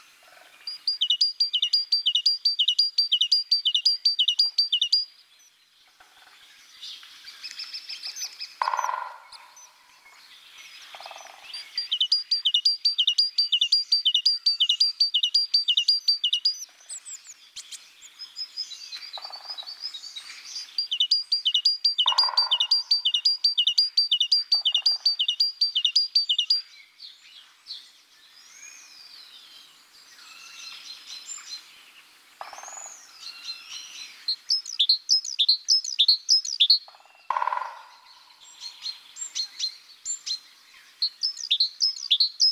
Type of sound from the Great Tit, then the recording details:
song. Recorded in the wild. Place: Oberrotweil am Kaiserstuhl, Baden-Württemberg, DE. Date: 1988-02-21. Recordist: Schwarz, Dieter. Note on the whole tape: Song